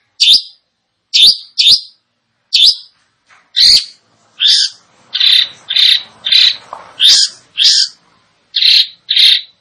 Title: Cendet Gacor